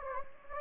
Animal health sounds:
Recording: mosquito wingbeat signal from an infrared sensor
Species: Anopheles gambiae

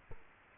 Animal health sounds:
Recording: mosquito wingbeat signal from an infrared sensor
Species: Culex quinquefasciatus

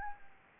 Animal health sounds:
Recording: mosquito wingbeat signal from an infrared sensor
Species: Anopheles gambiae

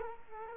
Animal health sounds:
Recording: mosquito wingbeat signal from an infrared sensor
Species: Culex quinquefasciatus

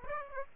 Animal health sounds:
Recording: mosquito wingbeat signal from an infrared sensor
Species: Aedes aegypti

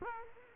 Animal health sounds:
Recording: mosquito wingbeat signal from an infrared sensor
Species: Culex quinquefasciatus

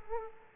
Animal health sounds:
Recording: mosquito wingbeat signal from an infrared sensor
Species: Culex quinquefasciatus

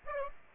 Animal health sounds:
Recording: mosquito wingbeat signal from an infrared sensor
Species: Aedes aegypti

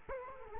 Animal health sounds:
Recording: mosquito wingbeat signal from an infrared sensor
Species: Culex quinquefasciatus

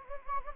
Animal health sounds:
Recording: mosquito wingbeat signal from an infrared sensor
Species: Anopheles gambiae

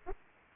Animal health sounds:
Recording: mosquito wingbeat signal from an infrared sensor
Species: Aedes aegypti

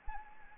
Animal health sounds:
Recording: mosquito wingbeat signal from an infrared sensor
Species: Anopheles arabiensis

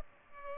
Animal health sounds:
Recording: mosquito wingbeat signal from an infrared sensor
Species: Culex pipiens

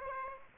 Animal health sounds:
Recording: mosquito wingbeat signal from an infrared sensor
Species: Aedes aegypti

